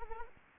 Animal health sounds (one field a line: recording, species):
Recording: mosquito wingbeat signal from an infrared sensor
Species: Anopheles arabiensis